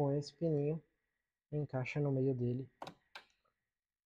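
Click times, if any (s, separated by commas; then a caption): 2.8 s, 3.2 s. A plastic interior trim clip on an Audi A3 (8V) is pressed in at the middle into the car body panel during reassembly after a rear-camera install. Someone talks, then short sharp ticking clicks are heard at 2.8 s and 3.2 s. The clip snaps into place and is seated.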